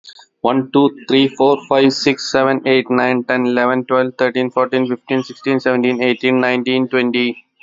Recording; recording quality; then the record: counting at a fast pace; excellent, no background noise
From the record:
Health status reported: healthy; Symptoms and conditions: none ticked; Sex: male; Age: 38 years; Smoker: not ticked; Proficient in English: yes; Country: India